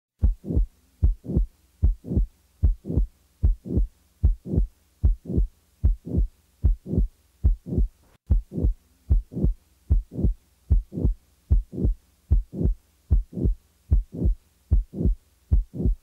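Adult heart heard by stethoscope: regular heartbeat at about 75 per minute, with a murmur arising late in systole, after the first heart sound and running up to the second.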